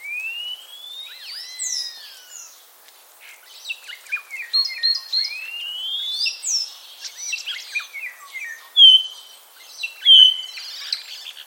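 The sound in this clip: Common starling song, a varied run of rising slurred whistles, clicks and buzzy notes, ending with loud sharp whistled notes.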